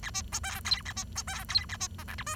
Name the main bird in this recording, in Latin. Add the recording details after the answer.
Lonchura striata domestica. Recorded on 23 June 2012 at 11:08. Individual gr41rd51